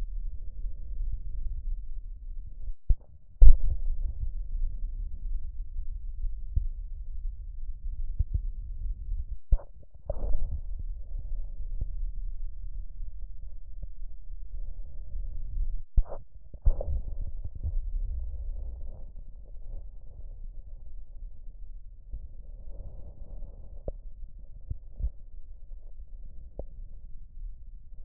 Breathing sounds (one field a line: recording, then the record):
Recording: lung sounds by stethoscope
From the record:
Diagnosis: emphysema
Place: left posterior upper chest